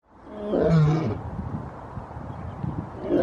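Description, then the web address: Lion roar: a deep, low moaning call swelling and fading within a second, followed by steady low rumbling noise and a faint rising sound at the end. Several lions at a zoo, heard by a neighbour, 9 January 2022. "2022 ene 09 Vecino del Zoo escucha cantar a los leones"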